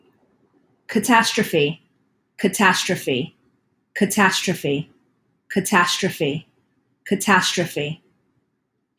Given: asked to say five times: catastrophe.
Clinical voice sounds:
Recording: repeated word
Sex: female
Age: 50 to 59 years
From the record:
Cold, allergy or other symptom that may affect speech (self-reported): no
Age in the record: 51 years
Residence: Florida, United States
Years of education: 12

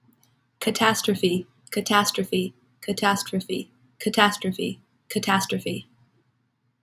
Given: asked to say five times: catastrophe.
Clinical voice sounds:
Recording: repeated word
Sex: female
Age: 20 to 29 years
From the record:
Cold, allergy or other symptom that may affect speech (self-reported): no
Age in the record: 26 years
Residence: Ohio, United States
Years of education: 20

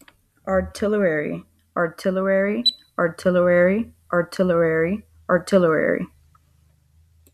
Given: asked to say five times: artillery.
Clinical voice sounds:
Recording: repeated word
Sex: female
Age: 30 to 39 years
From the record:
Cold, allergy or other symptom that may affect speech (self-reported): no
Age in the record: 33 years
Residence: Florida, United States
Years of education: 2

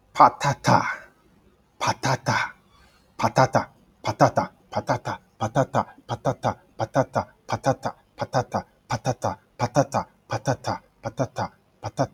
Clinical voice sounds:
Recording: repeated syllables /pa ta ka/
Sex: male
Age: 30 to 39 years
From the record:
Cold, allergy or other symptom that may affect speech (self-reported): no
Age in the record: 34 years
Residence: Texas, United States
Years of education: 16

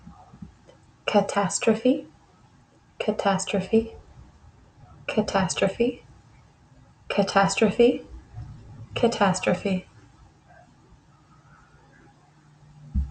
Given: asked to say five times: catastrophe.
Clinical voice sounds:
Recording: repeated word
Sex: female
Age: 20 to 29 years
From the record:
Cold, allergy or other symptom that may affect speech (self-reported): no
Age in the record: 28 years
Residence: United States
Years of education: 14

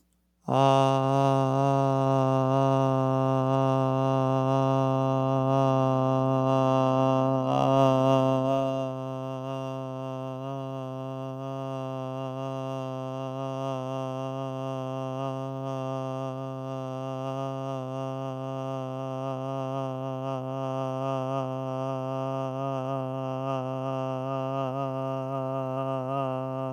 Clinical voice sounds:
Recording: vowel held as long as possible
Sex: male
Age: 50 to 59 years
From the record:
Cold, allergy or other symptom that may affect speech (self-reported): no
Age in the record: 50 years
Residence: Oregon, United States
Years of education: 15

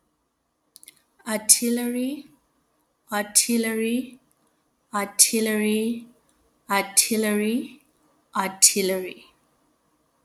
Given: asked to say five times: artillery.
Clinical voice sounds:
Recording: repeated word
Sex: female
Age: 30 to 39 years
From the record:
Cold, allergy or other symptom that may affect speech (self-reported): no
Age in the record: 35 years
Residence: Texas, United States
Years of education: 18

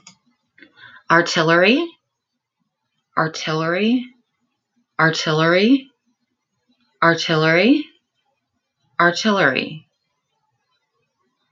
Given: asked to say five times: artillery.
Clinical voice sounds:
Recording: repeated word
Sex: female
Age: 30 to 39 years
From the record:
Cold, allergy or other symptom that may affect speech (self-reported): no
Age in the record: 39 years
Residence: Texas, United States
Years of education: 14

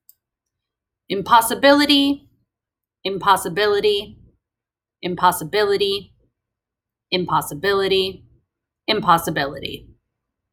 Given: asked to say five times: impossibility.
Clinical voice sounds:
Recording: repeated word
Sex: female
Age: 30 to 39 years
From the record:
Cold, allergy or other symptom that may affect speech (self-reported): no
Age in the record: 38 years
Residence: Pennsylvania, United States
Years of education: 16

